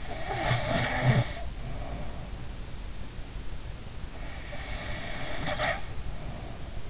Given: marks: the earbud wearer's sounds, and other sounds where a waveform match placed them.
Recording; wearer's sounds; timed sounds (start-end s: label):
sounds in sleep by an in-ear microphone; snoring breath
0.00-2.49 s: snoring breath
4.15-6.86 s: snoring breath